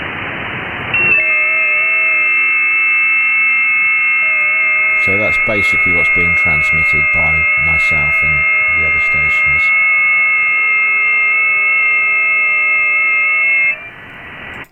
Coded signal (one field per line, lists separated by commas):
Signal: FT8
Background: speech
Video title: digital amateur radio